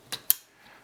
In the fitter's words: et ensuite je n'ai plus qu'à la pousser vers le bas jusqu'à entendre un clipse